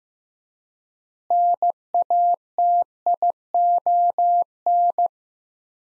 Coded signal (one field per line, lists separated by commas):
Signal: Morse code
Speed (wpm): 15 wpm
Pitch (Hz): 700 Hz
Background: none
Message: NATION